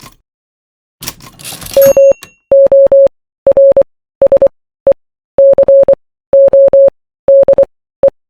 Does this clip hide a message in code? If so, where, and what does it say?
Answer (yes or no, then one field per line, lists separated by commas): yes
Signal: Morse code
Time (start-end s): 1.8-8.1 s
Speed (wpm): 23 wpm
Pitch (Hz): 550 Hz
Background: none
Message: MORSE CODE